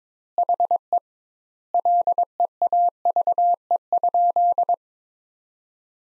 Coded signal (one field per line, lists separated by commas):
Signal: Morse code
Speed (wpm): 22 wpm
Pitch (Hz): 700 Hz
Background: none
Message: HE LEAVE?